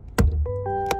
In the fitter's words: you hear that click that is indicator that the hood is open